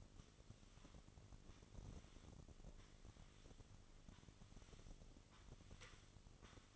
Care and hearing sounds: daily activity, microphone in the room; sweep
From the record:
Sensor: 4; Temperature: 27.1 degrees Celsius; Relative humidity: 35.2%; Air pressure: 1003.9 hPa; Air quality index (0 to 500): 149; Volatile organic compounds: 2 ppm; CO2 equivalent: 1064 ppm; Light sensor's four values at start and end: 18/43/18/19 and 18/43/18/19

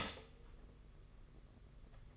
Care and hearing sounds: daily activity, microphone in the room; stop toaster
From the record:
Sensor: 4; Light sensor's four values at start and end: 18/64/23/24 and 18/63/23/24

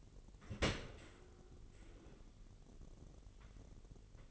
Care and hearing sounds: daily activity, microphone in the room; open dishwasher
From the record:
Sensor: 4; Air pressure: 999.0 hPa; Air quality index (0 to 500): 124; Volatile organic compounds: 2 ppm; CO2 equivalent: 1227 ppm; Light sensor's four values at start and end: 7/18/7/7 and 7/17/7/7

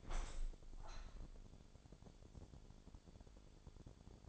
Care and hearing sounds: daily activity, microphone in the room; open window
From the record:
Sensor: 5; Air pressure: 1000.6 hPa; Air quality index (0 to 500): 152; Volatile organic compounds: 2 ppm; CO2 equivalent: 1168 ppm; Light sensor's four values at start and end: 39/92/38/41 and 39/92/38/41

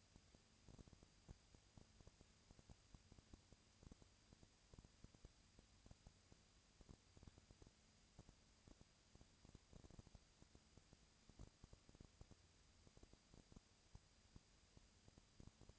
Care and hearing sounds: daily activity, microphone in the room; no activity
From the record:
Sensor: 2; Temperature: 20.1 degrees Celsius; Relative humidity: 35.5%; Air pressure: 996.7 hPa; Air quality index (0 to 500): 198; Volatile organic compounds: 30 ppm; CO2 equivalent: 2959 ppm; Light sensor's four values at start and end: 2/3/2/2 and 2/3/2/2

